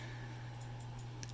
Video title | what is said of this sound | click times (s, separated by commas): How to open a HP Laptop and install a M.2 Solid State Drive | it's going to be a little hard because you should be able to hear a snap um because inside here | 1.2 s